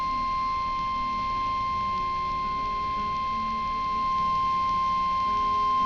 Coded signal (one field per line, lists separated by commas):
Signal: Emergency Alert System (SAME) tones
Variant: 1050 Hz attention tone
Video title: Real NOAA Weather Radio EAS Alert #56